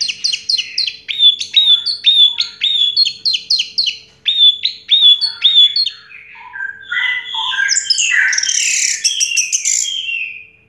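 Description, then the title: Orange-headed thrush song: clear whistled notes repeated many times, shifting into lower slurred whistles and a dense, buzzy high chatter. Sound used to prompt an orange-headed thrush that has stopped singing to start singing again. "Anis Merah Macet.. Pancing Dengan Suara Ini.. # Anis Merah"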